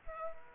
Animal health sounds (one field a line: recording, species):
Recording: mosquito wingbeat signal from an infrared sensor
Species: Culex quinquefasciatus